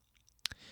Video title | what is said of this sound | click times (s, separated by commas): Handheld Camera Training Video | and that's the left one there's the right one make sure those are snapped in well and then | 0.5 s